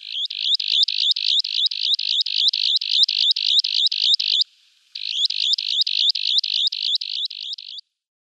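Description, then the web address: Broad-billed sandpiper display: a long, rhythmic series of harsh buzzy notes, each with a quick downward flick, steady and even, with one brief pause midway. Male in display flight. "Schulze Peter Broad-billed Sandpiper male displayflight"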